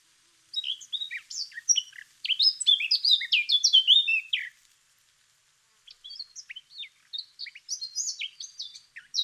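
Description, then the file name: Eurasian blackcap song: a fast, scratchy run of varied high chirps and twittering notes, a pause of about a second, then a softer, thinner burst of chattering notes. "Sylvia atricapilla"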